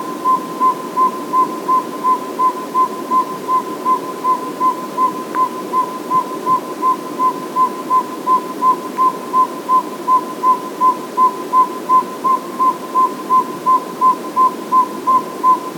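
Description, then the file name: Northern saw-whet owl tooting: a long, even run of identical short whistled toots, close to three each second, continuing without a break over faint hiss. "Northern Saw whet Owl Aegolius acadicus"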